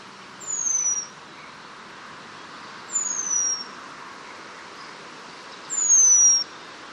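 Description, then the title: Eurasian penduline tit making three thin, piercing, downslurred whistles at intervals of two to three seconds. "La Mésange rémiz (Remiz pendulinus)"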